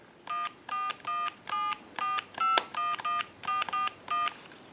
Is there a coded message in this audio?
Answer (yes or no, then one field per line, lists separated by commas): yes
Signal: DTMF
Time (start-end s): 0.3-4.3 s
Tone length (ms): 180 ms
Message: 14174511441